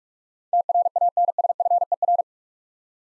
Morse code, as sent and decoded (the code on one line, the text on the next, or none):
- .-. .- -. ... ..-. . .-.
TRANSFER